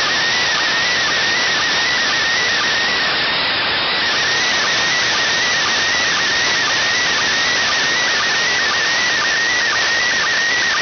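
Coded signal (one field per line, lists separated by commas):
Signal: SSTV (slow-scan television)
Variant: PD120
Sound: warbling tone near 1.9 kHz with a short low sync blip every half second, under hiss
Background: radio static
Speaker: I see in the display the signal from the international space station sending slow scan TV pictures I'm using uh the uh mm M SSTV here on the PC and uh the mode is Papa Delta 120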